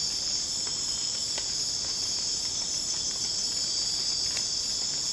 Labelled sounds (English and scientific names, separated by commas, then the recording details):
none
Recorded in secondary vegetation near Puerto Asís, Putumayo, Colombia, on 12 March 2025 at 03:00
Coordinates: 0.485, -76.322
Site G040